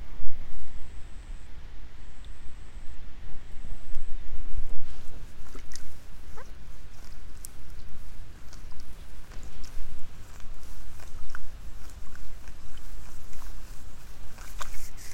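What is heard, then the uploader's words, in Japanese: Pulling rice seedlings in the afternoon, with insects beginning to call. A thin, high insect trill comes in short bursts during the first four seconds over a steady low rumble. After that, scattered sharp snaps and rustles from the seedling work recur irregularly. イネ苗とり 午後 そろそろ虫の声。33℃\\18℃。晴れ。今季最後の苗とり。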